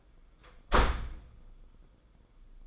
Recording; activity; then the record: daily activity, microphone in the room; close door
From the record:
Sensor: 5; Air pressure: 990.6 hPa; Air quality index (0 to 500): 150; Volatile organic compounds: 163 ppm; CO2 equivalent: 4079 ppm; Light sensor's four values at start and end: 27/65/26/29 and 27/64/26/28